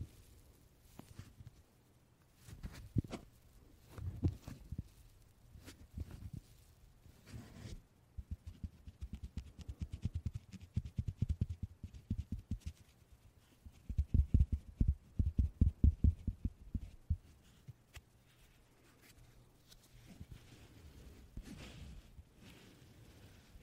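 Puff sounds come as short, soft thuds, mostly low with a brief crisp edge on each. They arrive in irregular clusters, thickest around 3–5, 10–12 and 14–17 seconds, with quieter gaps between and a faint low rumble underneath.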